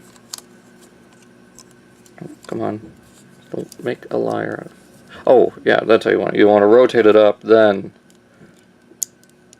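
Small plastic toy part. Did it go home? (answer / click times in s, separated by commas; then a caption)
yes / 9.0 s. While transforming a plastic Transformers Collector's Club 2013 Depthcharge action figure, someone talks and works a plastic nose cone section, rotating it up between two parts of the nose cone amid small plastic clicks and handling noises. A sharp, loud click at 9.0 s marks the rotating part locking into place, fully seated.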